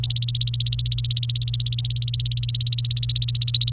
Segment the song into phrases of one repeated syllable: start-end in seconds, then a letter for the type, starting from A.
0.00-3.72 A